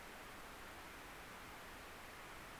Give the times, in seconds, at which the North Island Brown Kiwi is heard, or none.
none